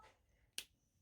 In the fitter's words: got to put you know you hear the click and that's already closed and then